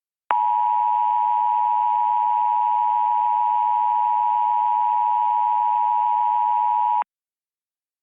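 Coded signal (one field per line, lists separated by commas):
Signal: Emergency Alert System (SAME) tones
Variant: 853 and 960 Hz attention tone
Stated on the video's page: Simulated EAS mock of a 2002 DASDEC alert, voiced with text-to-speech voices in Balabolka.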